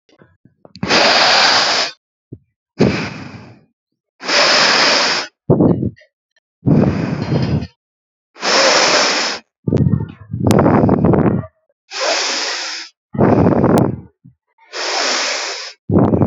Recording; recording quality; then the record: deep breathing; excellent, no background noise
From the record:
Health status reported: healthy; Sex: female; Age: 22 years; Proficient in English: yes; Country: India